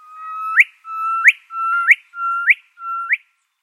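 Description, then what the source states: Gilbert's Whistler repeating a swelling whistled note that flicks sharply upward, five 'erdwit' calls in steady succession with clean silence behind. Erdwit call, recorded in New South Wales, Australia, on Wiradjuri country.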